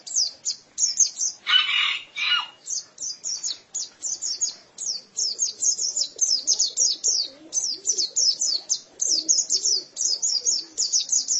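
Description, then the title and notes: White-eye song: rapid, high twittering notes in quick bursts, with a brief lower rasping sound near two seconds. "Suara kicauan burung pleci"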